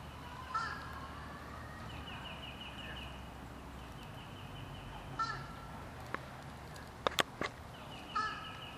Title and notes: Fish Crow. by Christie Mullen